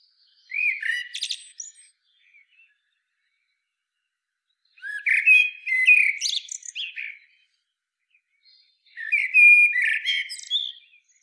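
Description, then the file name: Common blackbird song, three unhurried phrases a few seconds apart, each a rich fluted warble followed by squeaky high notes. "Turdus merula"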